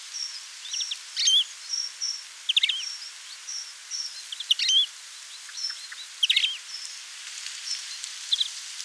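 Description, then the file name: European greenfinch calling with brief chirps and short trilled bursts. "Chloris chloris"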